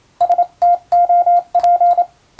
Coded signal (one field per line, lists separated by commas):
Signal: Morse code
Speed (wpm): 27 wpm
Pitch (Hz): 700 Hz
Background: none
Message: STOP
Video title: 昭和には無線通信士を養成する学校が多数ありました。こんな練習が毎日授業の中にありました。今でも国家試験があり、モールスの実技試験があります。ＣＷの受信練習に！ morse code practice